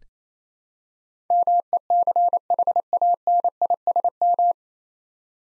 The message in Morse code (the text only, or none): MECHANISM